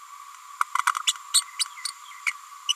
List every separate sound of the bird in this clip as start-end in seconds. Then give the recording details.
1.07-1.13, 1.33-1.42, 1.58-1.65, 2.69-2.73. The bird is a female. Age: 30 days. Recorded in a nest box in Venezuela. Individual 17B102A6